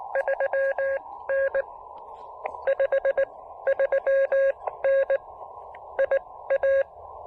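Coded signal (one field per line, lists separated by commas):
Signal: Morse code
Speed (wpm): 19 wpm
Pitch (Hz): 540 Hz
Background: none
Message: 3N 53N IA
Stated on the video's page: Super low power POTA CW activation under rough propagation, keyed with a new Begali Adventure paddle.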